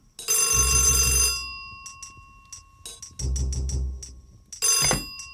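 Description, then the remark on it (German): An old-style telephone bell rings in bursts: a long loud ring, a quieter stretch of rapid clinks, another long ring, then a short final burst. No one speaks. It is an incoming call from the police commissioner. “Der Kommissar klingelt ein paar Mal am Tage an.”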